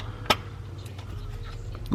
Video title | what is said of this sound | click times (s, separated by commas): Transmission & Rear Diff Fluid Change - 2003-2010 Dodge Viper | heard it clicked yep okay | 0.3 s